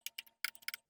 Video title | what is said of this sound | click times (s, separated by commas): Troubleshooting Mower Engine that Backfires | you hear that click | 0.4 s